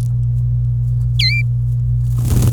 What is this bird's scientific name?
Serinus canaria